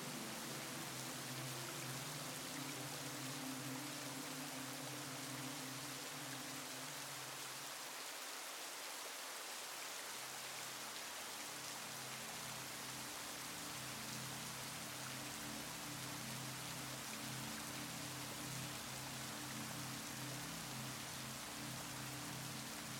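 Steady rain hiss fills the clip over soft sustained low musical tones, which drop out briefly around eight seconds before resuming.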